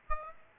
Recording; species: mosquito wingbeat signal from an infrared sensor; Aedes aegypti